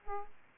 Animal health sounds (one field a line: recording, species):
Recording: mosquito wingbeat signal from an infrared sensor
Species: Aedes aegypti